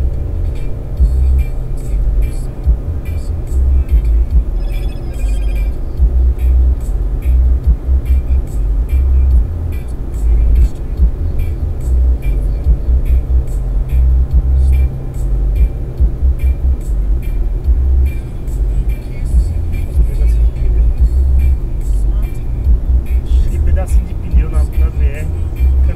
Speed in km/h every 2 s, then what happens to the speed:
120, 120, 120, 120, 120, 120, 121, 123, 124, 122, 121, 121, 123.
0-26 steady at about 121.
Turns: none.